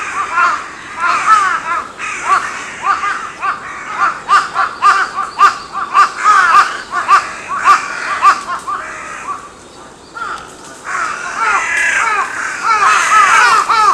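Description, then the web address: Crows cawing rapidly and overlapping, a dense run of harsh calls, a brief lull, then another loud burst. Recorded 14 May 2022. "sound 20220514 カラス"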